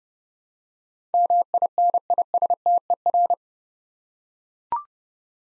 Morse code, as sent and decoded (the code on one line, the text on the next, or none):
-- .. -. .. ... - . .-.
MINISTER